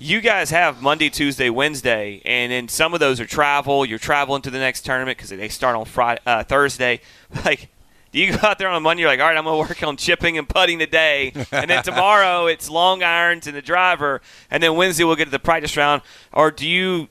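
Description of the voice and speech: An adult man speaks fluently at a brisk, conversational pace, asking about a golfer's weekly practice schedule; ordinary speech.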